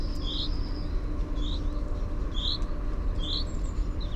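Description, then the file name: Common chaffinch calling with a few short high notes about every second, over a constant low hum. "Fringilla coelebs"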